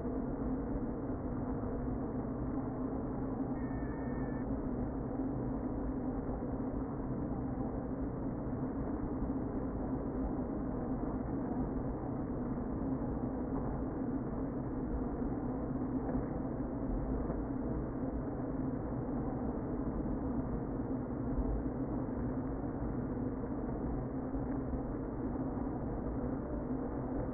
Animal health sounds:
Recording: honeybee colony, microphone inside the hive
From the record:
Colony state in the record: queen present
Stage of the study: before two queens were removed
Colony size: about 60,000 bees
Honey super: yes

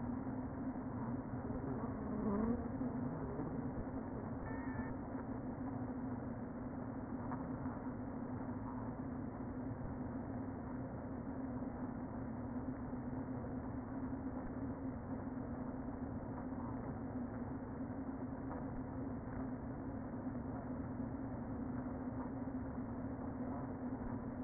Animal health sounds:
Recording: honeybee colony, microphone inside the hive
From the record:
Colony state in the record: queen present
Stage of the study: before two queens were removed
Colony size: about 60,000 bees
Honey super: yes

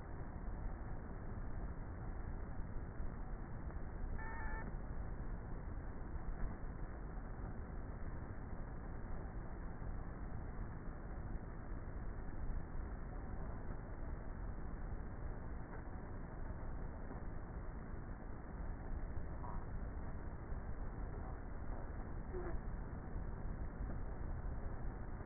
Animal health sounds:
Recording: honeybee colony, microphone inside the hive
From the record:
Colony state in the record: queenless with a low population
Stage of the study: before two queens were removed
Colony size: about 30,000 bees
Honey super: no

